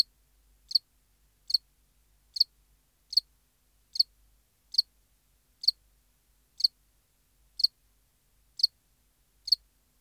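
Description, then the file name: House cricket calling with a steady run of about eleven crisp, high-pitched chirps, spaced a little under a second apart against a silent background. "Acheta domesticus"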